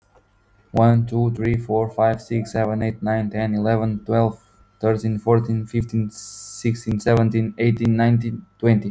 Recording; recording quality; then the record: counting at a fast pace; excellent, no background noise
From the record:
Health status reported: healthy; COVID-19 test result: not tested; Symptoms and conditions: none ticked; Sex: male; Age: 30 years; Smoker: yes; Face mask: not worn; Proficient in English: yes